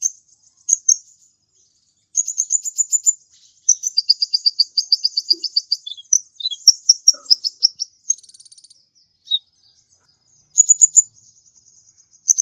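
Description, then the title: Mixed birds singing: high, rapid chirping trills and sharp tweets in dense bursts, with brief pauses between phrases. "Burung Campur4"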